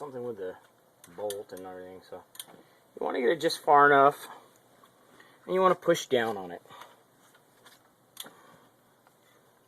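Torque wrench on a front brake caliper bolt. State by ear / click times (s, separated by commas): torque reached / 8.2 s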